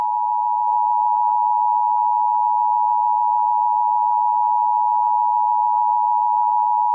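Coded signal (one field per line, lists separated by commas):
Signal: Emergency Alert System (SAME) tones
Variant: 853 and 960 Hz attention tone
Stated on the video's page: Fictional EAS scenario about a serial killer.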